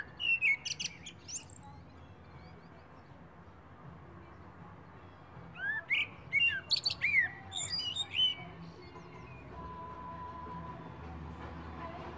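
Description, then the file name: Common blackbird song: brief fluty phrases with high squeaky flourishes, separated by a long gap over a steady background hiss. "Turdus merula"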